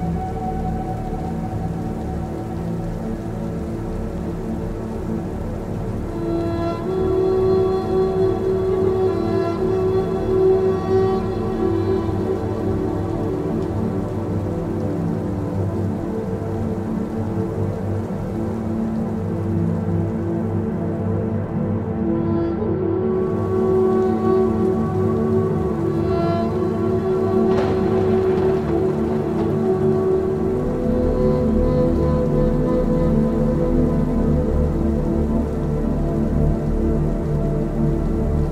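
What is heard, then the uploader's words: Rain on a gray day falls as a steady, dense wash with a deep rumbling low end. Faint sustained tones hum through it. A brief sharp sound stands out near the 27-second mark. RAINY DAY. Rain sounds is a rhythmic ticking sound.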